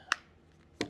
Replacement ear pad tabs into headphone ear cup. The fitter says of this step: make sure they all snap into place and then that's it